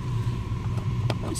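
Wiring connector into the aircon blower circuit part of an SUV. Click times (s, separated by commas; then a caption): 1.1 s. A wiring connector is pushed onto the air-con blower circuit part of a Nissan X-Trail SUV, whose blower keeps running even with the A.C switched off. Over a steady low rumble, a single sharp click sounds at 1.1 s as the connector locks into place.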